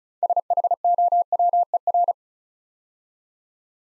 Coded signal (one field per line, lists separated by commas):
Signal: Morse code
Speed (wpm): 36 wpm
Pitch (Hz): 700 Hz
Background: none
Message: SHOWER